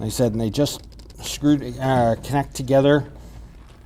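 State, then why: Not seated. Two sections of sewer hose from a 2022 Pleasure-Way Plateau FL+TS RV are handled as one hose's end fitting is brought toward the second hose's fitting to connect them. A man talks throughout, with no distinct impact. Nothing has seated or clicked yet.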